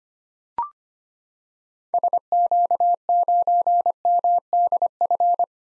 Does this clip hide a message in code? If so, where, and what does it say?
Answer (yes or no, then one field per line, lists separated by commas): yes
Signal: Morse code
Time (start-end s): 1.9-5.4 s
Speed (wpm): 25 wpm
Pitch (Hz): 700 Hz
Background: none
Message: SQ9MDF